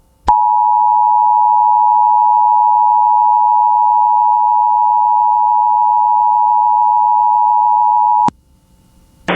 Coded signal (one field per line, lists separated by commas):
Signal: Emergency Alert System (SAME) tones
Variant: 853 and 960 Hz attention tone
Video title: (EAS #41) Florida + Georgia TORNADO WATCH on KALT-FM